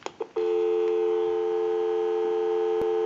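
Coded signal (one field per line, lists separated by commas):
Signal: telephone call progress tone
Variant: North America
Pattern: dial tone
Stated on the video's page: Call progress tone heard on a Western Electric 302 rotary desk telephone during initial checkout and repair.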